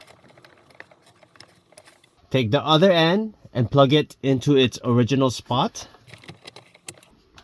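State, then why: Seated. Someone talks from about 2.3 to 5.7 s, with faint small clicks and handling noise before and after the speech. The other end of a dash cam power adapter is pushed back into the car's original plastic automotive connector socket. It seats with a sharp snap at 6.9 s.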